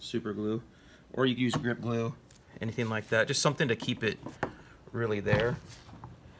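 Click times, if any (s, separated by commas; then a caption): none. Someone talks while handling a small glued rubber block-off plug meant for an open hole in the airbox or intake area of a CRF450X dirt bike, with glue used to keep it in place. Speech fills the clip, with a brief sharp sound near 6.0 s. The plug has not been pushed in yet, and nothing has seated or popped into place.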